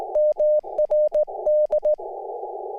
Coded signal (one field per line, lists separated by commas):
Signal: Morse code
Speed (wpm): 19 wpm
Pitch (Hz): 600 Hz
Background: none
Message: MRD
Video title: Calling All Ham Radio Technicians | Let's Get On 10 Meters!!